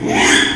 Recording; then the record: squeal of a Yucatan mini pig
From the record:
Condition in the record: after surgery on the right vocal fold (resection and tissue-engineered implant); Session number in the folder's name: 3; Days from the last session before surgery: 33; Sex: male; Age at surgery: 12 weeks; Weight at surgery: 13 kg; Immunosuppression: cyclosporine, prednisolone